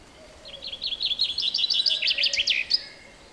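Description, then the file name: Common chaffinch song, a rattling series of sweet notes that closes with a sharp final flourish. "Fringilla coelebs"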